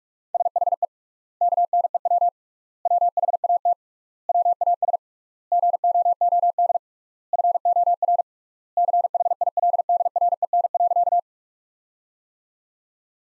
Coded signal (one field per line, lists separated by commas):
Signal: Morse code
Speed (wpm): 42 wpm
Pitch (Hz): 700 Hz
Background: none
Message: SHE KNEW WHAT WAS GOOD FOR CHILDREN.